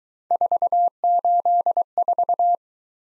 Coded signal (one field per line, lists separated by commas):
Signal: Morse code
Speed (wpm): 22 wpm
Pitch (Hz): 700 Hz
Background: none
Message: 484